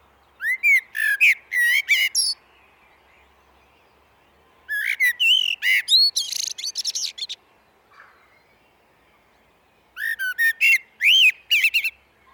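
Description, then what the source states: Common blackbird singing three phrases separated by pauses, each low fluty warbling ending in rapid high chittering notes. Recorded in a glen.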